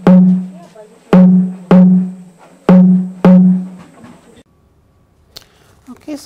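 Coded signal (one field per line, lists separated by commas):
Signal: drum signal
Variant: Garamut slit drum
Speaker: And what I'm going to be playing you now is just calling women who are probably out somewhere in the gardens.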